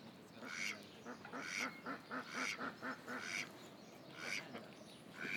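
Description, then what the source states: Duck quacks, harsh and nasal, given about once a second, with quieter calls behind them. Ducks at Lagoa das Furnas; binaural.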